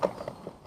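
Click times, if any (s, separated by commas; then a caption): none. A plastic door mirror cover is pressed onto a new mirror border, but its small tabs will not engage the border slots, which are thinner than the slots on the original border. Short plastic knocks are heard at about 0.0, 0.3 and 0.5 seconds. Nothing has clipped in yet.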